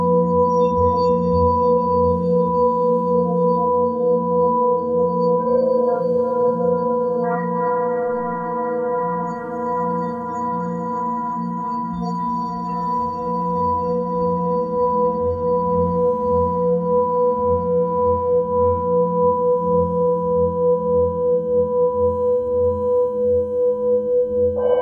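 Singing bowls hum in a steady, layered ring with a low pulsing throb, a brighter tone joining around seven seconds and sustaining throughout.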